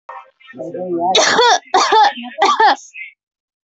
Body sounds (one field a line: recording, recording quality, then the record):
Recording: heavy voluntary cough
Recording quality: moderate, slight background noise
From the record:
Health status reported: healthy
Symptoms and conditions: none ticked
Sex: female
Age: 22 years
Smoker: not ticked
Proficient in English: yes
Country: India